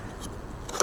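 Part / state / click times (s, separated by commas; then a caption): hard folding bed cover latch into its catch on the truck bed / seated / 0.8 s. A latch on a folded Bak Flip MX4 hard folding bed cover is pushed into its catch on the bed of a 2024 GMC Sierra 2500. After a lighter sound at about 0.7 s, a sharp click comes at 0.8 s, and the latch locks in place.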